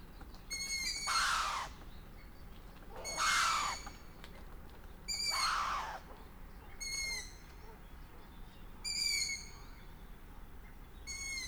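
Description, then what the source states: Long-eared owl calls: a run of squeaky falling notes, three coarse hissing bursts in the first half, then squeaks alone roughly every two seconds. Food delivery, with various calls of the male, the female and the juveniles.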